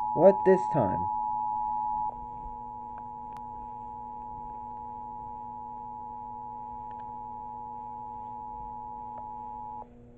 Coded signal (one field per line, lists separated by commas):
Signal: Emergency Alert System (SAME) tones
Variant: 853 and 960 Hz attention tone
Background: speech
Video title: EAS 1299: Washington (state) Amber Alert CANCELLATION message